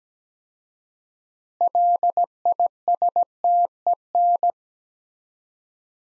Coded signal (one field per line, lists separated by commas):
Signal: Morse code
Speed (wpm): 17 wpm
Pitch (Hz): 700 Hz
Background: none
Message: LISTEN